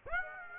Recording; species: mosquito wingbeat signal from an infrared sensor; Aedes aegypti